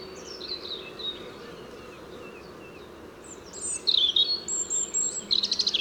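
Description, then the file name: European robin sounding faint high notes at first, then a burst of sharp, high, slurred and trilled notes in the final seconds, with constant low background noise. "Erithacus rubecula"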